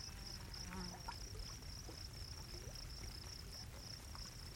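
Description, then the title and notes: Crickets keep up a high, rapidly pulsed trill while water bubbles and pops softly underneath. Crickets around a bubbling geothermal pool in a sagebrush desert in the evening; still and peaceful. "Gently bubbling hot pool with thunder. A bubbling geothermal pool in the middle of a sagebrush desert surrounded by crickets. the crickets are a classic evening sound. Part of the Music for Sleep project"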